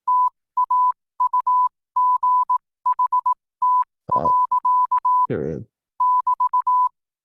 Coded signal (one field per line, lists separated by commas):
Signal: Morse code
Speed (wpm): 18 wpm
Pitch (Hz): 1000 Hz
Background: none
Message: TAUGHT. <BT>